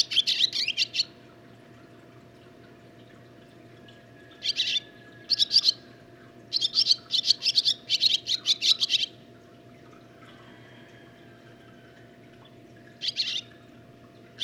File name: Barn Swallow